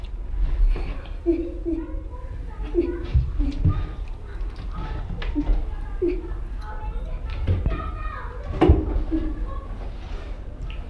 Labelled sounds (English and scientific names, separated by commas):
Silvery Javan Gibbon (Hylobates moloch)